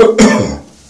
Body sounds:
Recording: coughing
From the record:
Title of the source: Spring Cold Coughing 3

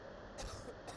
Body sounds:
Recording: coughing mixed with background sound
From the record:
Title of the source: Coughing 79

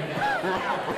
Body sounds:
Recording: coughing mixed with background sound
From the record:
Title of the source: Heavy cold and sore throat coughing.

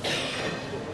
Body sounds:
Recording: coughing mixed with background sound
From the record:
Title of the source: 55 gaggy wet cough

